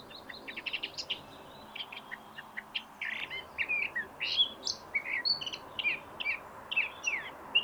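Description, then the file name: Eurasian blackcap song: scratchy, rapid chatter at first, then clearer warbled and whistled phrases, fairly faint against background noise. "Sylvia atricapilla"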